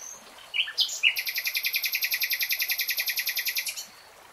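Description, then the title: Nightingale song: a few introductory notes then a fast even trill of many repeated pulses lasting nearly three seconds. "[Tiếng chim hót] REALTIME Nightingale Singing"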